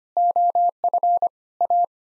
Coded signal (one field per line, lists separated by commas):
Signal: Morse code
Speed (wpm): 25 wpm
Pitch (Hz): 700 Hz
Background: none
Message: OF A